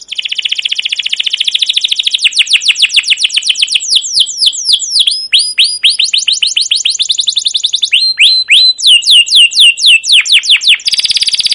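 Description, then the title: Canary in full song: a fast churring roll leads into swift runs of sharp downward-sweeping whistles, continuing without pause. Canary song used as a lure to train other canaries; song described as long, continuous rolling with repeated cuit cuit notes. "Suara Burung Kenari Gacor Panjang cuit cuit Ngerol untuk Pancingan Kenari"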